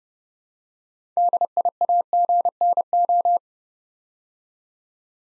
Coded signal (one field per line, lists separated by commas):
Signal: Morse code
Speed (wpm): 30 wpm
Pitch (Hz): 700 Hz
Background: none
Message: DIAGNO